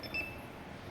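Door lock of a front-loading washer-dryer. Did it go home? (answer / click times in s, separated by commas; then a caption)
no / none. The door lock of a new Siemens WN64A2U9IN IQ500 10.5/6 kg front-loading washer-dryer is handled after the start/reload button is pressed. A brief high electronic beep sounds early over a low steady hum. Nothing has seated or clicked yet; the door lock has not engaged.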